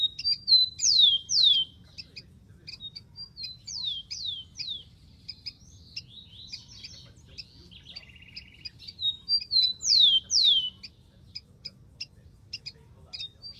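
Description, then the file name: Rufous-collared sparrow repeating its phrase of loud, high, downslurred whistles several times, with soft chips and twitters between. "canto do tico tico"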